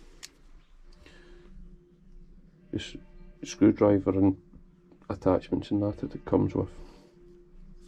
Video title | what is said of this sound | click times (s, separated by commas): LEATHERMAN MUT EDC KIT - Military Utility Tool | when it opens automatically clips into place | 0.2 s